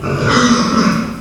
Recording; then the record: squeal of a Yucatan mini pig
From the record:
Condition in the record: after surgery on the right vocal fold (resection and tissue-engineered implant); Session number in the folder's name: 12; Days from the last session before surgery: 105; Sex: female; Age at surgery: 19 weeks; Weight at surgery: 25 kg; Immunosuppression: prednisolone